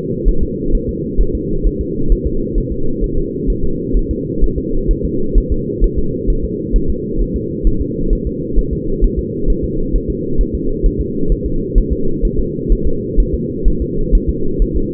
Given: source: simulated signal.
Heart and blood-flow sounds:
fetal heart sounds
0.28 s: S1
0.43 s: S2
0.75 s: S1
0.89 s: S2
1.21 s: S1
1.35 s: S2
1.67 s: S1
1.81 s: S2
2.12 s: S1
2.27 s: S2
2.58 s: S1
2.72 s: S2
3.04 s: S1
3.18 s: S2
3.50 s: S1
3.64 s: S2
3.97 s: S1
4.11 s: S2
4.44 s: S1
4.58 s: S2
4.91 s: S1
5.05 s: S2
5.38 s: S1
5.52 s: S2
5.84 s: S1
5.98 s: S2
6.30 s: S1
6.45 s: S2
6.76 s: S1
6.90 s: S2
7.21 s: S1
7.36 s: S2
7.67 s: S1
7.81 s: S2
8.13 s: S1
8.27 s: S2
8.59 s: S1
8.73 s: S2
9.04 s: S1
9.19 s: S2
9.50 s: S1
9.65 s: S2
9.95 s: S1
10.10 s: S2
10.41 s: S1
10.55 s: S2
10.86 s: S1
11.01 s: S2
11.32 s: S1
11.46 s: S2
11.78 s: S1
11.93 s: S2
12.25 s: S1
12.39 s: S2
12.72 s: S1
12.87 s: S2
13.20 s: S1
13.34 s: S2
13.68 s: S1
13.82 s: S2
14.15 s: S1
14.29 s: S2
14.62 s: S1
14.76 s: S2
From the record:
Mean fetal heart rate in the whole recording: 130 bpm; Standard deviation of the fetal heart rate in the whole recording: 2 bpm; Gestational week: 38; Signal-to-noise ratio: -8.1 dB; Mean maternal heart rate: 72 bpm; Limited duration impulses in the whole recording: absent

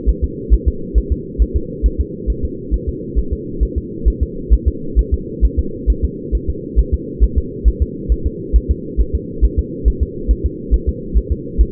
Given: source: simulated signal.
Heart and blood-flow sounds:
fetal heart sounds
0.09 s: S1
0.24 s: S2
0.54 s: S1
0.68 s: S2
0.98 s: S1
1.12 s: S2
1.42 s: S1
1.57 s: S2
1.86 s: S1
2.01 s: S2
2.30 s: S1
2.45 s: S2
2.74 s: S1
2.89 s: S2
3.19 s: S1
3.33 s: S2
3.63 s: S1
3.78 s: S2
4.08 s: S1
4.23 s: S2
4.54 s: S1
4.68 s: S2
4.99 s: S1
5.14 s: S2
5.45 s: S1
5.59 s: S2
5.90 s: S1
6.05 s: S2
6.35 s: S1
6.50 s: S2
6.79 s: S1
6.94 s: S2
7.24 s: S1
7.38 s: S2
7.68 s: S1
7.82 s: S2
8.12 s: S1
8.27 s: S2
8.56 s: S1
8.71 s: S2
9.01 s: S1
9.15 s: S2
9.45 s: S1
9.59 s: S2
9.88 s: S1
10.03 s: S2
10.31 s: S1
10.46 s: S2
10.74 s: S1
10.89 s: S2
11.17 s: S1
11.32 s: S2
11.61 s: S1
From the record:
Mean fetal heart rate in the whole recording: 135 bpm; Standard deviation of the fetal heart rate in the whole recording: 3 bpm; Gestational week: 34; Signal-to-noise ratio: -4.3 dB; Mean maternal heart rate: 72 bpm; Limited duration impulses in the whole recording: absent

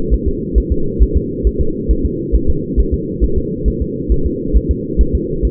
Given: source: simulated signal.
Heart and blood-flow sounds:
fetal heart sounds
0.14 s: S1
0.28 s: S2
0.58 s: S1
0.72 s: S2
1.02 s: S1
1.17 s: S2
1.47 s: S1
1.61 s: S2
1.91 s: S1
2.05 s: S2
2.35 s: S1
2.50 s: S2
2.80 s: S1
2.94 s: S2
3.24 s: S1
3.38 s: S2
3.68 s: S1
3.82 s: S2
4.12 s: S1
4.26 s: S2
4.56 s: S1
4.71 s: S2
5.01 s: S1
5.15 s: S2
5.45 s: S1
From the record:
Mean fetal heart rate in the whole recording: 135 bpm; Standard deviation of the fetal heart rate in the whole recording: 3 bpm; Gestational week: 34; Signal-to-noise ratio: -8.1 dB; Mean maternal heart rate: 72 bpm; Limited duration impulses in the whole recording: absent

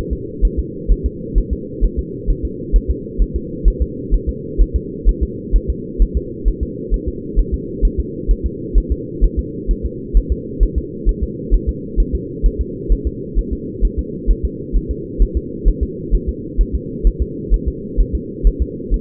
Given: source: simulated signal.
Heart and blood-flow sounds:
fetal heart sounds
0.13 s: S2
0.45 s: S1
0.59 s: S2
0.91 s: S1
1.06 s: S2
1.38 s: S1
1.53 s: S2
1.84 s: S1
1.99 s: S2
2.30 s: S1
2.45 s: S2
2.76 s: S1
2.91 s: S2
3.22 s: S1
3.36 s: S2
3.68 s: S1
3.82 s: S2
4.14 s: S1
4.29 s: S2
4.61 s: S1
4.76 s: S2
5.09 s: S1
5.23 s: S2
5.56 s: S1
5.70 s: S2
6.02 s: S1
6.17 s: S2
6.48 s: S1
6.63 s: S2
6.94 s: S1
7.08 s: S2
7.39 s: S1
7.54 s: S2
7.85 s: S1
8.00 s: S2
8.31 s: S1
8.46 s: S2
8.78 s: S1
8.92 s: S2
9.24 s: S1
9.39 s: S2
9.71 s: S1
9.86 s: S2
10.17 s: S1
10.32 s: S2
10.63 s: S1
10.78 s: S2
11.09 s: S1
11.23 s: S2
11.54 s: S1
11.69 s: S2
12.00 s: S1
12.15 s: S2
12.46 s: S1
12.61 s: S2
12.92 s: S1
13.07 s: S2
13.39 s: S1
13.53 s: S2
13.85 s: S1
13.99 s: S2
14.31 s: S1
14.45 s: S2
14.77 s: S1
14.91 s: S2
15.22 s: S1
15.37 s: S2
15.68 s: S1
15.83 s: S2
16.14 s: S1
16.29 s: S2
16.61 s: S1
16.75 s: S2
17.07 s: S1
17.22 s: S2
17.54 s: S1
17.68 s: S2
18.00 s: S1
18.15 s: S2
18.47 s: S1
18.62 s: S2
18.94 s: S1
From the record:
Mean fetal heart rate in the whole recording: 130 bpm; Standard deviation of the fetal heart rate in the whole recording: 2 bpm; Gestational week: 36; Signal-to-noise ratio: -4.1 dB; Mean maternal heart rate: no maternal heart sound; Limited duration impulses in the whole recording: absent

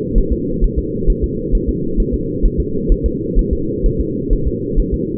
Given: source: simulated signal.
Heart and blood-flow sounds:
fetal heart sounds
0.18 s: S1
0.32 s: S2
0.64 s: S1
0.78 s: S2
1.10 s: S1
1.24 s: S2
1.55 s: S1
1.69 s: S2
2.00 s: S1
2.14 s: S2
2.45 s: S1
2.60 s: S2
2.92 s: S1
3.06 s: S2
3.39 s: S1
3.53 s: S2
3.86 s: S1
4.00 s: S2
4.33 s: S1
4.47 s: S2
4.79 s: S1
4.94 s: S2
From the record:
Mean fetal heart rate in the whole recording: 130 bpm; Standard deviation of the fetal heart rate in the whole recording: 4 bpm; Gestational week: 38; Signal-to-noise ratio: -6.6 dB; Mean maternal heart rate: 72 bpm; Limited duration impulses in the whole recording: present

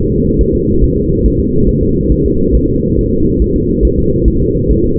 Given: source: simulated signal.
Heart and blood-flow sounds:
fetal heart sounds
0.12 s: S2
0.41 s: S1
0.55 s: S2
0.84 s: S1
0.97 s: S2
1.26 s: S1
1.40 s: S2
1.69 s: S1
1.83 s: S2
2.12 s: S1
2.26 s: S2
2.55 s: S1
2.69 s: S2
2.99 s: S1
3.13 s: S2
3.42 s: S1
3.56 s: S2
3.85 s: S1
3.99 s: S2
4.28 s: S1
4.42 s: S2
4.71 s: S1
4.84 s: S2
From the record:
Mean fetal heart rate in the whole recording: 140 bpm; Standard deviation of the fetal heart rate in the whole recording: 2 bpm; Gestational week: 34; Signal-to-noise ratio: -15.3 dB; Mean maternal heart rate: 72 bpm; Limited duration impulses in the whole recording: present

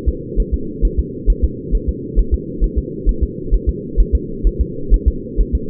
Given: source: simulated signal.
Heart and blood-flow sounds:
fetal heart sounds
0.09 s: S2
0.40 s: S1
0.54 s: S2
0.85 s: S1
1.00 s: S2
1.30 s: S1
1.44 s: S2
1.75 s: S1
1.89 s: S2
2.19 s: S1
2.34 s: S2
2.64 s: S1
2.79 s: S2
3.09 s: S1
3.23 s: S2
3.54 s: S1
3.69 s: S2
4.00 s: S1
4.15 s: S2
4.47 s: S1
4.61 s: S2
4.94 s: S1
5.08 s: S2
5.41 s: S1
5.55 s: S2
From the record:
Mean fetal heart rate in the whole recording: 130 bpm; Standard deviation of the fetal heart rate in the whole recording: 2 bpm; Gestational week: 36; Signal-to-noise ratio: -4.3 dB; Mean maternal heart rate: 72 bpm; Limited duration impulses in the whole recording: absent

